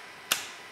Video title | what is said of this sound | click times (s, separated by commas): Festool CONTURO Edge Bander: Edge Banding Radii | push it into position and then the two green Tabs are locked into place | 0.3 s